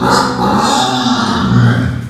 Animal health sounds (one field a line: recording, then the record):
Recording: squeal of a Yucatan mini pig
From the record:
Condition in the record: after surgery on the right vocal fold (resection and tissue-engineered implant)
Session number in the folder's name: 13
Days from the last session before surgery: 113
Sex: female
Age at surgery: 19 weeks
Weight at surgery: 25 kg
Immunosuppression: prednisolone